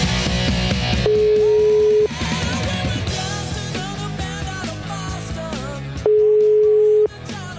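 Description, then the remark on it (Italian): A telephone ringing tone sounds twice, each a steady mid-pitched beep lasting about a second, separated by a long pause, while busy music plays underneath throughout. “Adesso ho un numero di telefono”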